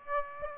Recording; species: mosquito wingbeat signal from an infrared sensor; Aedes aegypti